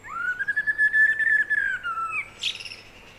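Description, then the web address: Eurasian blackbird giving a long mellow whistled phrase that rises, holds level and slowly falls, ending in a sharp high squeak. "SETE data Turdus merula"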